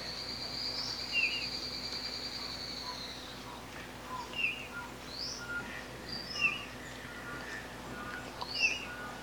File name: canto do gaturamo rei